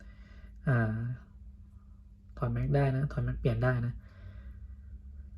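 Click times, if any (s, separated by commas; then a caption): none. A plastic magazine is handled at an Acid Rain Norinu Machine Gunner toy machine gun, removed and about to be pushed back in, while someone talks in bursts. Nothing has seated or clicked yet; the clip ends before the magazine goes home.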